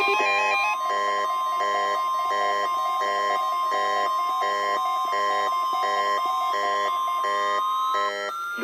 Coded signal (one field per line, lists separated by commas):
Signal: Emergency Alert System (SAME) tones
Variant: 1050 Hz attention tone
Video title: New Year, New Angle | FWD RWT from 1/5/21 (EAS #98)